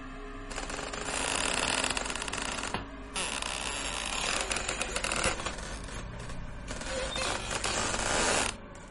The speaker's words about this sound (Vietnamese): Cụ Tuân chợt giật mình, bởi vì cụ nghe tiếng bản lề lâu ngày đã han rỉ rít lên những tiếng ken két.